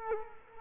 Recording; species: mosquito wingbeat signal from an infrared sensor; Culex quinquefasciatus